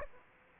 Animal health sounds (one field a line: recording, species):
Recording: mosquito wingbeat signal from an infrared sensor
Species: Aedes aegypti